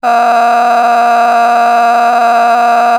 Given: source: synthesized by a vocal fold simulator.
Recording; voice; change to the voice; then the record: sustained vowel; female; a random mix of aspiration noise, stiffness perturbation and strain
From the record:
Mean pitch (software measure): 236 Hz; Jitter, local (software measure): 1.88%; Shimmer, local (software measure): 10.6%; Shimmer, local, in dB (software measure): 0.94 dB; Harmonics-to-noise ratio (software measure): 13.5 dB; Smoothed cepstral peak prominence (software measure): 14.2 dB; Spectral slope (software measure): -18.0 dB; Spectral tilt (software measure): -9.6 dB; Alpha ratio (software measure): -8.5 dB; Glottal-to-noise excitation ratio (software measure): 0.925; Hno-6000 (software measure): 1.8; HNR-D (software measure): 34.9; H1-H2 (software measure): -2.0 dB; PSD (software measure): 9.0e-05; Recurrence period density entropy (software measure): 0.117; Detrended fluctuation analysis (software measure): 0.0113